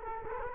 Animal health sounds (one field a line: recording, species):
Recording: mosquito wingbeat signal from an infrared sensor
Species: Culex quinquefasciatus